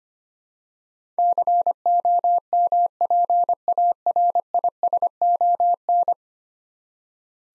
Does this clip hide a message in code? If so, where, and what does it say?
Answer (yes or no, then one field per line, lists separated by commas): yes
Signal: Morse code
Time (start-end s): 1.2-6.1 s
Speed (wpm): 25 wpm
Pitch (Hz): 700 Hz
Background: none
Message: COMPARISON